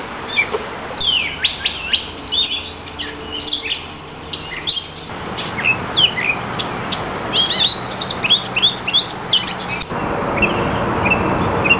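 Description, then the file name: Gray catbird song of quick, varied squeaky and mewing notes in rapid irregular phrases over a low hum. Recorded 21 May 2012. "catbird 052112"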